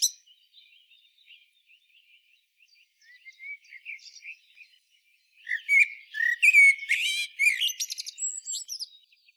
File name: Turdus merula